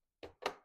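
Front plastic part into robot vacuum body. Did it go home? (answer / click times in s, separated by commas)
yes / 0.2 s, 0.5 s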